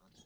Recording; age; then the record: pig call; piglet (1 to 25 days)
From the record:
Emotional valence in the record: positive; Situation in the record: short reunion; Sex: male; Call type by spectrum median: low-frequency call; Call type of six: mixed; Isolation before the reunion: 3 minutes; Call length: 0.26 s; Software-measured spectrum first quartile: 296 Hz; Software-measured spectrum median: 1914 Hz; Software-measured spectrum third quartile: 4889 Hz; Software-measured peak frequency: 194 Hz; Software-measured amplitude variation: 129 dB a second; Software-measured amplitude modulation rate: 9.7 a second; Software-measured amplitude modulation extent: 13.4 dB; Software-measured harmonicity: 5.2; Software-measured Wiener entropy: -2.21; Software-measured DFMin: 1204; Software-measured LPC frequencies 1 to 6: 3284, 3930, 4622, 5703, 6560, 9145 Hz